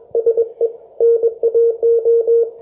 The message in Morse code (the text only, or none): SE NAO